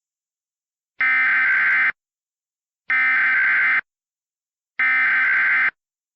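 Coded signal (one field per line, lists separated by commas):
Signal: Emergency Alert System (SAME) tones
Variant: header bursts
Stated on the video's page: Fictional EAS scenario with valid Emergency Alert System tones, a simulated alert rather than a real broadcast.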